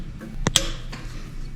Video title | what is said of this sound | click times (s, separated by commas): Sn95 Street Car Build: Assembling the 347 Stroker | you hear that little click mm-hmm that means it's it's | 0.6 s